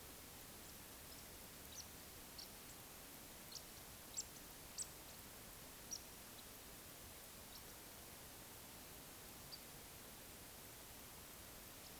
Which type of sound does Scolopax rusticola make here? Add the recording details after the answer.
chase call. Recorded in Baden-Württemberg, Germany, on 20 May 2021 at 20:01 UTC. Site 24606, 635 m above sea level